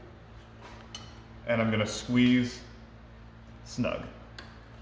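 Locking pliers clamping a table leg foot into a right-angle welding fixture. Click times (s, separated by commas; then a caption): 4.4 s. Locking pliers are squeezed snug to clamp a steel table leg foot inside a 90-degree welding fixture while someone talks. The pliers lock with a short, sharp click at 4.4 s as everything binds together, seating the leg foot firmly in the fixture.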